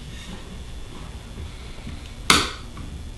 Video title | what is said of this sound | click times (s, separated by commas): Woodturning - Wood Lamp | There we go, and it just pops right in there. | 2.3 s